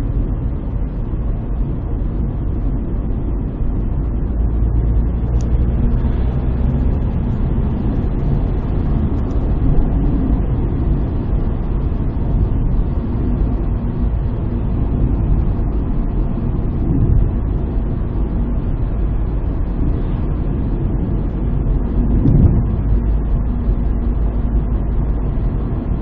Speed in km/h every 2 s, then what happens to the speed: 60, 60, 69, 78, 79, 79, 76, 73, 71, 71, 71, 73, 73.
2-7 speeds up to 79. 7-15 slows to 71. 15-26 steady at about 71.